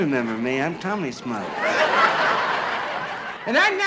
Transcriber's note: laughter